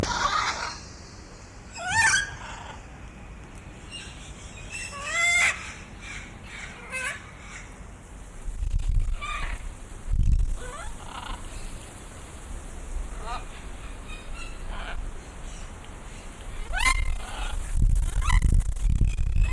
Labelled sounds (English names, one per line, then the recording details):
Red-and-green Macaw call
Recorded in captivity
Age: adult
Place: Zoo Dresden, Sachsen, DE
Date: 1995-05-17 15:31
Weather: overcast, 12°C, strong winds
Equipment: Marantz CP 430, Sennheiser ME 80, Kopie Uher 4000 Report Monitor
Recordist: Tembrock, Günter